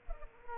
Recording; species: mosquito wingbeat signal from an infrared sensor; Culex pipiens